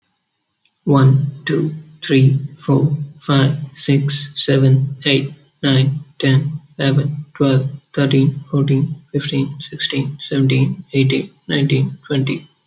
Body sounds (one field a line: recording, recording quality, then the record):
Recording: counting at a normal pace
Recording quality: excellent, no background noise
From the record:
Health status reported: healthy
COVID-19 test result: not tested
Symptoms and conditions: none ticked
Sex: male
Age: 23 years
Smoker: not ticked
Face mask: not worn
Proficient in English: yes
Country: India